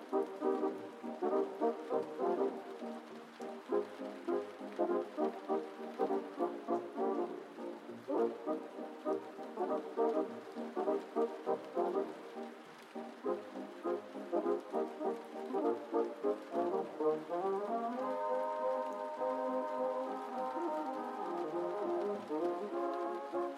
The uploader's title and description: Cozy Rainy Night Vibes: Oldies Playing from Another Room. Vintage music from another room